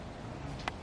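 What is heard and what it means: A plastic filter is refitted into the body of a Kraftek Pool Keeper K1 handheld pool vacuum on a second attempt. A sharp click at 0.7 s stands out over low background noise as the filter locks into the housing, and this time it is fully seated.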